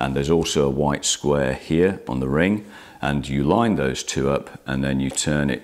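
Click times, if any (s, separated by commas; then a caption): none. A man talks while handling an EF-S 18-55 kit zoom lens at the bayonet mount of a 2000D DSLR camera body, lining up the white square on the lens ring with the one on the body before turning it. Nothing has seated or clicked yet.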